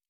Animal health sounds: hydrophone in a shrimp aquaculture tank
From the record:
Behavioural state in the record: normal

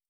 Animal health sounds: hydrophone in a shrimp aquaculture tank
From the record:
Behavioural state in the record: starved

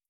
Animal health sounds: hydrophone in a shrimp aquaculture tank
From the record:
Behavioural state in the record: starved

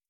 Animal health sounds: hydrophone in a shrimp aquaculture tank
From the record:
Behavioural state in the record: starved

